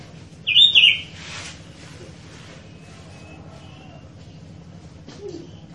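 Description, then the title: Sooty-headed bulbul song: one brief, bright, bubbling whistled phrase early on, then only quiet background hum with a faint low note. Masteran training recording for cage birds; described as a strong lure for a very vocal bulbul with a sharp, fiery voice. "Masteran Kutilang Sutra. PANCINGAN AMPUH KUTILANG SUTRA SUPER GACOR SUARA PEDAS"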